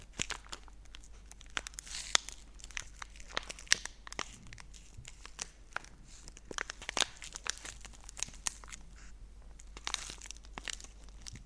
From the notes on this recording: make some sounds with the wrap of the chocolates and then they eat them